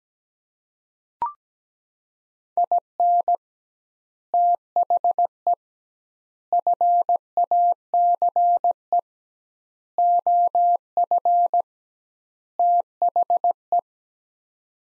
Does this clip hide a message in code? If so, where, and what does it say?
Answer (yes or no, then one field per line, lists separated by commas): yes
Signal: Morse code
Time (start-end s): 2.6-13.8 s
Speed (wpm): 17 wpm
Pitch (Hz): 700 Hz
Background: none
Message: IN THE FACE OF THE